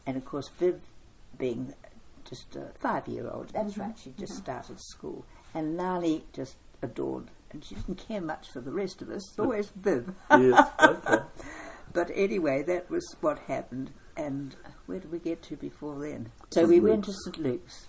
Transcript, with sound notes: And of course Viv being just a five year old, that’s right, she’d just started school, and Nannie just adored… and she didn’t care much for the rest of us, it was always Viv. [Chuckle] But anyway that’s what happened. And… where did we get to before then? So we went to St Luke’s school.